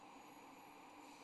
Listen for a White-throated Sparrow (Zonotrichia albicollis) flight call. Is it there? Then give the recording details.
no. No flight call is heard. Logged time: 03:28 on 25 November 2014